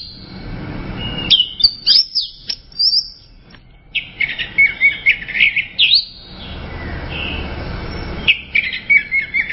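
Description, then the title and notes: Bird song of chirping and twittering phrases in repeated bursts, with pauses of soft hiss between them. "Bird Sound. Kicau Burung Lengkap"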